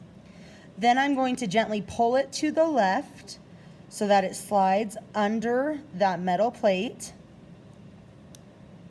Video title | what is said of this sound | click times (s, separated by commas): Sewing Machine Threading Bernina 330 | it clicks into place in between those two little prongs on the metal plate | 8.3 s